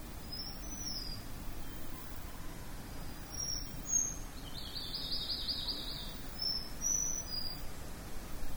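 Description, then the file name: Lompobatang flycatcher giving high, thin whistled phrases in short bursts, with a buzzy high trill midway and steady low background noise. "sikatan lompobatang"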